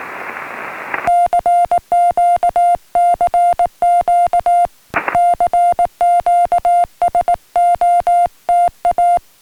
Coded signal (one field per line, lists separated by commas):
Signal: Morse code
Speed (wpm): 18 wpm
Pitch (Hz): 700 Hz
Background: music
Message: CQ CQ CQ SOTA